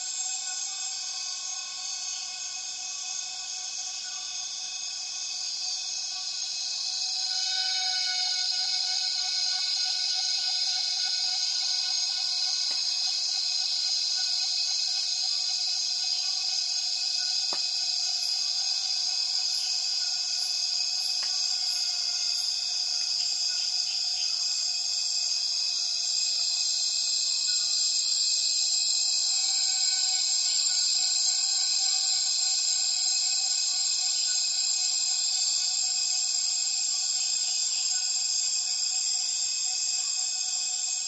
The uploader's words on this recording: Intense Dusk Chorus In The Borneo Rainforest. A myriad cicadas start calling as soon as the afternoon light begins to fade in Tawau Hills NP, Borneo. Recorded with Zoom F6 and Lom MikroUsi Pro mics.